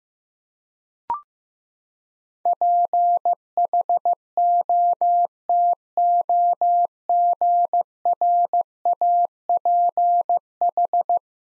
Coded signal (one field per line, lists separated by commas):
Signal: Morse code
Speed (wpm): 16 wpm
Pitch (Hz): 700 Hz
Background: none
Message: PHOTOGRAPH